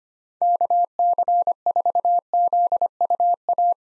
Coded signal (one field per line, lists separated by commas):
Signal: Morse code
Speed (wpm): 25 wpm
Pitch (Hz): 700 Hz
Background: none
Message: KC4ZUA